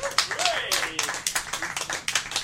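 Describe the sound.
An audience breaks into steady applause, many hands clapping in dense, uneven bursts at a strong level, with a brief voice or cheer rising over the clapping near the start.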